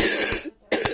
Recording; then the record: coughing mixed with background sound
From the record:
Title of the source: 55 gaggy wet cough